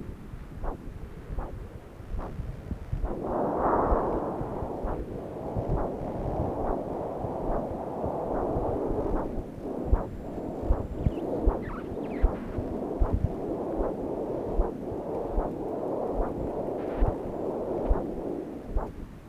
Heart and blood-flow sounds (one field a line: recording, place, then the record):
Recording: Doppler ultrasound of blood flow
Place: right subclavian vein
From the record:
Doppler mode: continuous wave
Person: adult scuba diver, at rest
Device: O'Dive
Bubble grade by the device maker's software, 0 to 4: 0